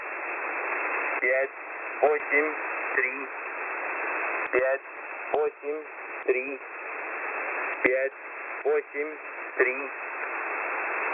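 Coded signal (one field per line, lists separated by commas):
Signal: numbers station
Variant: S06b Russian Man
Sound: a male voice speaking short separate words through steady shortwave hiss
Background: radio static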